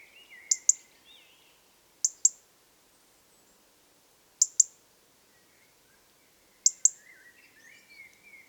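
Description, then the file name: European robin repeating paired high clicks roughly every two seconds, four pairs in all. "Erithacus rubecula"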